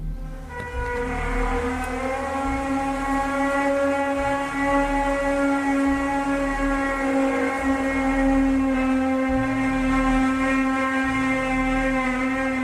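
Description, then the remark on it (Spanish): A steady, loud low hum with a strong droning fundamental and stacked overtones, holding constant throughout with a faint rhythmic pulsing underneath; no voices present. It is a recording of the mysterious phenomenon known as The Hum. “Eso no es una sirena, tiene una cadencia que parece más a un ser vivo, y me refiero a ser vivo, no sé, la Tierra, yo qué sé, pero desde luego no es algo mecánico, programado.”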